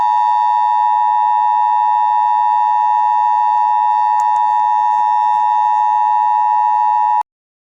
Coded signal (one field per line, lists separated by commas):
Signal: Emergency Alert System (SAME) tones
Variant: 853 and 960 Hz attention tone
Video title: LUNAR MOON | An EAS Scenario